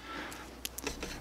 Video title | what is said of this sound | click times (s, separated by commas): Ep. 82 1973 Petty Charger Model Kit Comparison. (Salvino's JR with the MPC) | pops right in there | 0.7 s